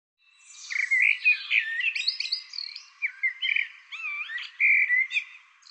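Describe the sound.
Bird delivering a long, continuous warbling song of twisting whistled notes, quick chirps and short high squeaks, with no other sounds.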